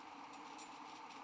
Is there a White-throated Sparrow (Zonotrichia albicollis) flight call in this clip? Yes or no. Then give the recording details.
no. No flight call is heard. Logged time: 12:08 on 13 December 2014